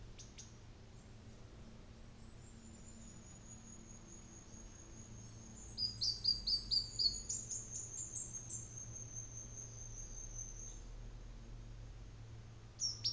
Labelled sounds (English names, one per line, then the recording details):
New Zealand Fantail
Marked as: faintness 2/5
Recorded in New Zealand on 24 December 2018
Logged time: 14:10